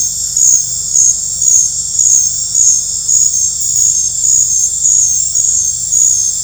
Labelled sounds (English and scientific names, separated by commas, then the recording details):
none
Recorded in dense forest near Puerto Asís, Putumayo, Colombia, on 20 December 2024 at 20:30
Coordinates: 0.468, -76.322
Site G071